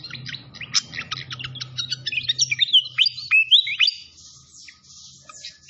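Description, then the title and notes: Malaysian pied fantail song with quick sharp notes leading into clear rising and falling whistles, fading to faint chirps. Masteran (training recording) of clear-voiced fantail song. "Masteran Sikatan Kipas Suara Jernih Dan Suara Gemericik Air. Suara Burung Sikatan Londo"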